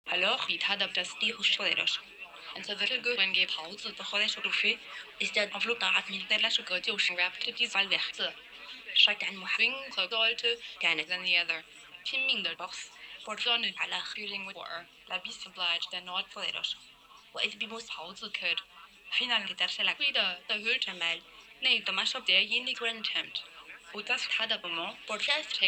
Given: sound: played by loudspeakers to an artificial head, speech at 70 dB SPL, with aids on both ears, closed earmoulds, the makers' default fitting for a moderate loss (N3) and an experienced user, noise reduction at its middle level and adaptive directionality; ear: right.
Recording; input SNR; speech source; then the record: speech test signal (ISTS) in cocktail-party noise; +9 dB; on the right (90 degrees)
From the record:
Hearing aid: class 1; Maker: I